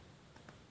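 A small plastic accessory knife is pushed upside down into the knife pouch holster on the gear of a Hot Toys Captain America: The Winter Soldier collectible action figure until it locks. A soft rub at about 0.4 s is followed by a short, sharp click at 0.5 s as the knife seats in the pouch.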